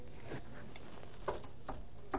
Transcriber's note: she knocks on the table